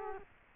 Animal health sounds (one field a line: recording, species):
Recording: mosquito wingbeat signal from an infrared sensor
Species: Culex quinquefasciatus